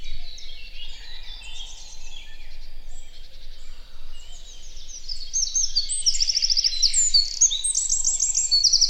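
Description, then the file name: Eurasian wren song: a fast, loud, high-pitched run of trills and twitters that builds to rapid rattling bursts near the end. "Troglodytes troglodytes"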